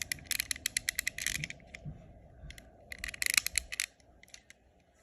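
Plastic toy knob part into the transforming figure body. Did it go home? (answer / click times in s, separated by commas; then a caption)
no / none. A plastic toy knob part is fitted into the body of a transforming figure, giving bursts of rapid, sharp plastic ticks and clicks around 0.7 and 3.3 seconds. No speech is heard. The part does not click into place, and nothing has seated yet.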